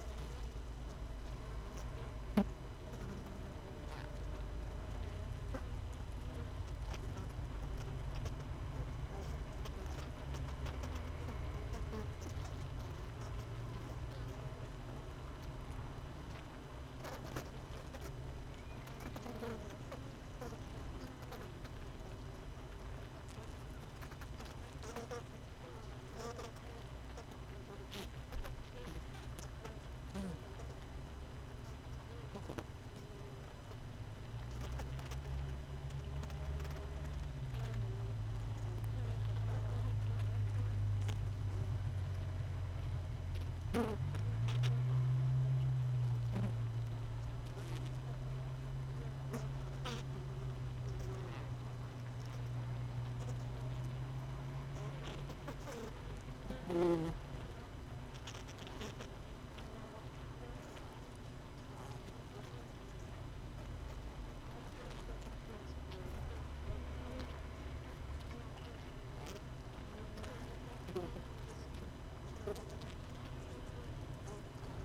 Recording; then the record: honeybee colony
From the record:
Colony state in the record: missing queen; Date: 31 May 2018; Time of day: 16:31